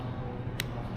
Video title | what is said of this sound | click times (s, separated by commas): INSTA 360 X4 UNBOXING AND TEST WITH DJI MIC 2 | Yun, nag-lock na. Nag-click na. | 0.6 s